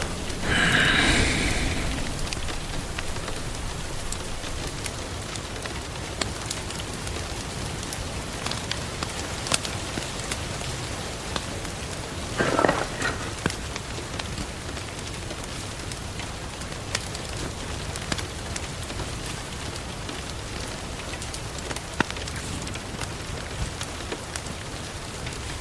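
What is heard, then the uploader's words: Steady rain patters throughout, a dense hiss with scattered sharp drops and crackles that could be a fire burning underneath. Near the start a brief bright, chirping sound rises above it, and around twelve seconds a short louder rustling burst passes. Rain and fire in the background.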